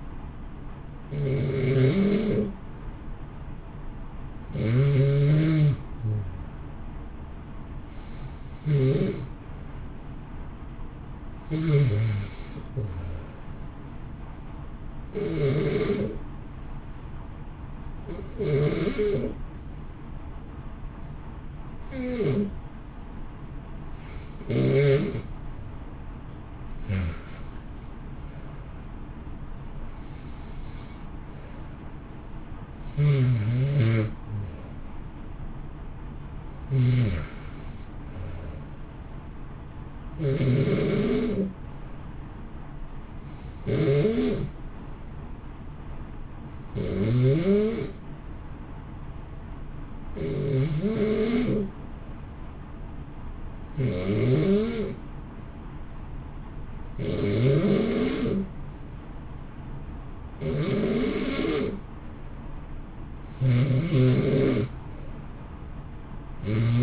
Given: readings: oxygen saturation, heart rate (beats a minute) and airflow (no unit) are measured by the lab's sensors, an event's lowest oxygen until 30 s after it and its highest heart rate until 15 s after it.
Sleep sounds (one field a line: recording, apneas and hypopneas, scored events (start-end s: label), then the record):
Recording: breathing in sleep by a smartphone at the bedside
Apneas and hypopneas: 1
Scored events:
15.00-33.20 s: hypopnea (N1, oxygen 94% highest, then 91% lowest, heart rate 64 at the start, 64 highest)
61.00-66.83 s: new sleep stage, N2 (light sleep)
From the record:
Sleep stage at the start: N1 (lightest sleep)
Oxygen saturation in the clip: 91 to 94%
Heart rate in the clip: 56 to 65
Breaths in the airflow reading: 17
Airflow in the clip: -0.9 to 1.2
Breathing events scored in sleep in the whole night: 328 in 6.3 hours asleep